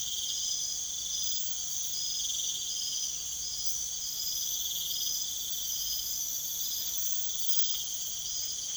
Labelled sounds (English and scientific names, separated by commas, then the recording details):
none
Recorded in secondary vegetation near Puerto Asís, Putumayo, Colombia, on 29 June 2025
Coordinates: 0.488, -76.319
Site G094